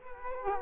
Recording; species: mosquito wingbeat signal from an infrared sensor; Culex quinquefasciatus